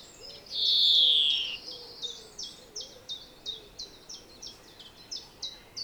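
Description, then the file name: European greenfinch opens with a loud, drawn-out downslurred wheeze, then a regular series of short chips. "Chloris chloris"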